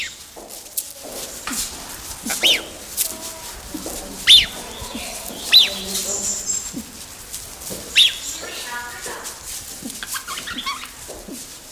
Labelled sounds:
Grey-winged Trumpeter

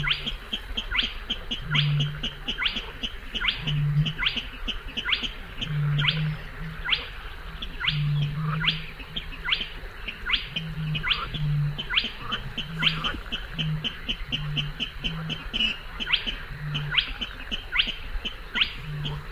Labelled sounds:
Spotted Crake

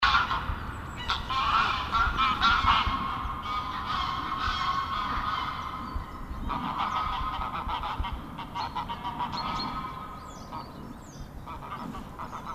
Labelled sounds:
Greylag Goose call

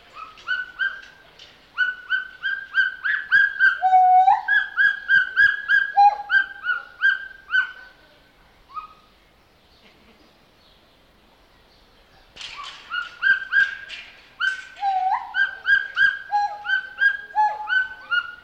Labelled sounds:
Pileated Gibbon

